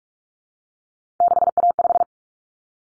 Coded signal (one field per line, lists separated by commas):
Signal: Morse code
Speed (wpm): 44 wpm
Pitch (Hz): 700 Hz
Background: none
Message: 6A5